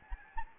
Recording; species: mosquito wingbeat signal from an infrared sensor; Anopheles gambiae